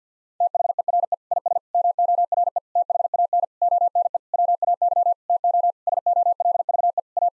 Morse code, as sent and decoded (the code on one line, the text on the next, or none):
- .... . .-. . / .. ... / -- --- .-. . / - .... .- -. / --- -. . / .-- .- -.-- / - --- / ... --- .-.. ...- . / .-
THERE IS MORE THAN ONE WAY TO SOLVE A